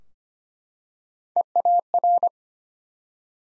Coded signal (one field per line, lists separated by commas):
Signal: Morse code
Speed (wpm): 25 wpm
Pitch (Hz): 700 Hz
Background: none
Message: EAR